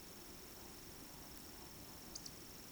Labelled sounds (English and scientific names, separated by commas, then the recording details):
Eurasian Woodcock (Scolopax rusticola) whistle, Eurasian Woodcock (Scolopax rusticola) croak
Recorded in Baden-Württemberg, Germany, on 9 June 2021 at 20:20 UTC
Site 25175, 602 m above sea level